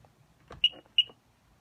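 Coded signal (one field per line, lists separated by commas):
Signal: beep code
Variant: Sea-Doo DESS key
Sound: two short high-pitched buzzer beeps in quick succession, with a faint click before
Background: handling noise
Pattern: 2 short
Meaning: Two beeps mean the DESS key is accepted and the watercraft is ready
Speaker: let's see if I get my two beeps close this up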